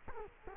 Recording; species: mosquito wingbeat signal from an infrared sensor; Culex quinquefasciatus